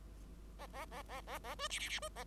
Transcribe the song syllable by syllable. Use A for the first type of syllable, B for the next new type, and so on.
A A A A A A B C C C B A